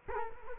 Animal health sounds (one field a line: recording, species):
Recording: mosquito wingbeat signal from an infrared sensor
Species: Culex quinquefasciatus